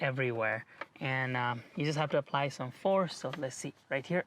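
Someone talks while handling a new instrument cluster display housing for a Tesla Model 3/Y, getting ready to press it with force into the dashboard opening so its plastic clips engage. Only speech is heard. Nothing has clicked or seated yet.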